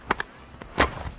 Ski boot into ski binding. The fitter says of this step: and you should hear a click